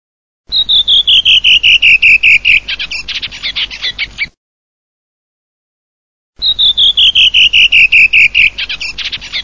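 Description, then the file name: Redwing song: two phrases, each a run of whistled notes stepping downward in pitch, ending in a scratchy twittering trill, separated by a silent gap. "SASSELLOMF"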